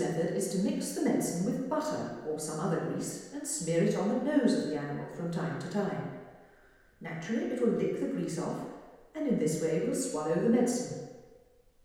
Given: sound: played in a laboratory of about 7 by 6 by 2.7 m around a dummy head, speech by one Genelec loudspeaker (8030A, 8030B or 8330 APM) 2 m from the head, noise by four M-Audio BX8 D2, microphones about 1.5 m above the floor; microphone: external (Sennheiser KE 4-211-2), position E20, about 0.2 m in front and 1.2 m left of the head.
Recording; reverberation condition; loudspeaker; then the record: female speech in English; high; in front (0 degrees)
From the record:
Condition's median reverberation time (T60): about 1300 ms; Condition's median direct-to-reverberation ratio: about -4.0 dB